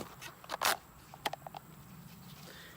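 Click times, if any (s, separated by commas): 1.3 s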